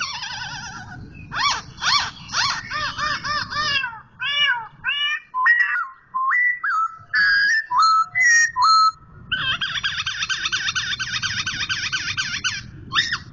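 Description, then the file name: Black-throated laughingthrush song: loud, rich whistled phrases with rapid repeated harmonic notes, slurred rising and falling whistles midway, over a low background hum. Indonesian name poksay hongkong; song described as 'tarian' (dance) style. "suara tarian poksay hongkong"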